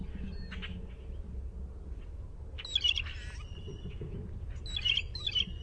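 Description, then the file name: Blue jay pumphandle call: two short bursts of squeaky, metallic notes over low rumbling background noise. "BLJA pumphandle"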